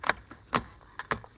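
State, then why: Not seated. A genuine German-made steel HK magazine is pushed into the magazine well of a C93 rifle, giving a series of sharp metallic rattles and clacks at about 0.1, 0.6, 1.0 and 1.1 seconds. The magazine does not latch, and nothing has seated or clicked into place.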